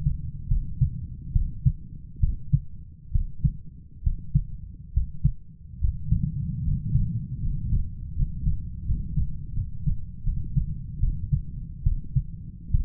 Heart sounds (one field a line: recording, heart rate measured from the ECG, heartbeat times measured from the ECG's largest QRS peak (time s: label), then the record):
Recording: heart sounds by stethoscope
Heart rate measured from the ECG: 74 bpm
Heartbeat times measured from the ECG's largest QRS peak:
0.47 s: heartbeat
1.32 s: heartbeat
2.19 s: heartbeat
3.11 s: heartbeat
4.02 s: heartbeat
4.93 s: heartbeat
5.80 s: heartbeat
6.63 s: heartbeat
7.41 s: heartbeat
8.14 s: heartbeat
8.84 s: heartbeat
9.53 s: heartbeat
10.23 s: heartbeat
10.99 s: heartbeat
11.83 s: heartbeat
12.70 s: heartbeat
From the record:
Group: healthy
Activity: cold pressor test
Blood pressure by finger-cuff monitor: 139/79 mmHg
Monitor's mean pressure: 101 mmHg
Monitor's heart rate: 73 bpm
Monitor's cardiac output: 7.7 L/min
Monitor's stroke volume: 103 mL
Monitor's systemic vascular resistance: 920 dyn s/cm5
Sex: male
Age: 23 years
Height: 178 cm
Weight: 96.6 kg